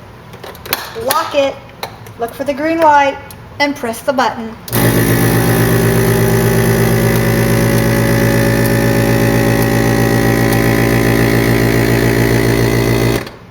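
Someone talks about a vacuum sealer attached to a metal lid on a glass canning jar, then the pump starts at about 4.8 s with a steady, loud mechanical hum that runs until about 13.3 s, when it cuts off. The pump is drawing air out of the jar through the lid attachment, but nothing has seated or snapped down yet.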